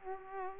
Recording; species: mosquito wingbeat signal from an infrared sensor; Culex pipiens